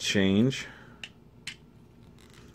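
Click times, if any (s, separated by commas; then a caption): 1.0 s, 1.5 s. Someone talks briefly at the start, then the plastic feet of a Transformers Power of the Primes Leader Class Optimus Prime action figure are moved into position. Two sharp clicks sound at 1.0 s and 1.5 s as the foot joints snap into a locked position, fully seated.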